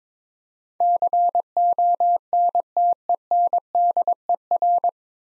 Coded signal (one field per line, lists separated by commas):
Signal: Morse code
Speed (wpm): 22 wpm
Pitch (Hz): 700 Hz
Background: none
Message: CONTENDER